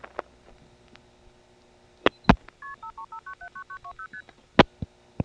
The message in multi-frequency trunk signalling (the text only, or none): KP535979920ST